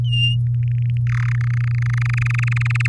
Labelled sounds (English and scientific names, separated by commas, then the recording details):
Domestic Canary (Serinus canaria) song
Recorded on 6 May 2018 at 07:49
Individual llb16